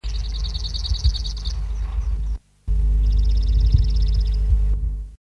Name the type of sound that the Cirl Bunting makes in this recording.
song